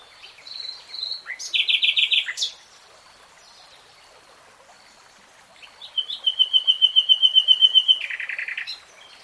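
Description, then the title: Nightingale song: a short burst of quick repeated notes, a pause, then a long trill of sharp pulses ending in a lower rattle. Nightingale singing in real time. "[Tiếng chim hót] Nightingale Singing"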